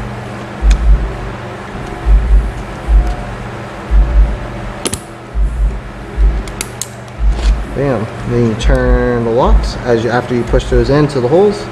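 Plastic push pins of a CPU cooler are pressed into the motherboard mounting holes, and they snap in with sharp clicks at 4.9, 4.9, 6.6 and 6.8 seconds, showing the pins are seated. Someone talks throughout over a steady background hum.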